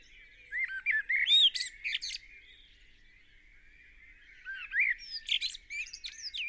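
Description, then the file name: Eurasian blackbird song: two fluty, warbled phrases a few seconds apart, each ending in a high, squeaky twitter. "Turdus merula"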